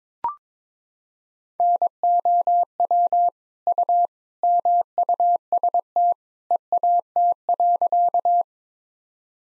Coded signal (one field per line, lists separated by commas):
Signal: Morse code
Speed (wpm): 22 wpm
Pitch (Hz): 700 Hz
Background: none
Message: NOW U MUST EAT.